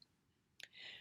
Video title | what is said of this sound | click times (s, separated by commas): 9 - Medication Delivery Devices | then place it on a table to give it a press until you hear a click sound | 0.6 s